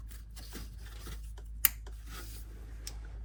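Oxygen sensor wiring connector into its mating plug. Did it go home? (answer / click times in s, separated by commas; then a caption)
yes / 1.7 s. The lambda (oxygen) sensor wiring connector on a Jaguar F-Type is pushed into its grey plastic mating plug on the car, during work on the catalytic converters, over soft rustling and rubbing handling noise and a steady low hum. A sharp, bright click at 1.7 s shows the connector is fully seated, followed by a faint tick near 2.9 s.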